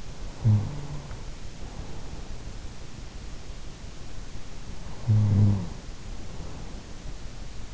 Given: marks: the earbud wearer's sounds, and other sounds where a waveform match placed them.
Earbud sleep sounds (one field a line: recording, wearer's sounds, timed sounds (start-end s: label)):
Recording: sounds in sleep by an in-ear microphone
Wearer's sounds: snoring breath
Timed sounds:
0.00-1.31 s: snoring breath
4.40-6.34 s: snoring breath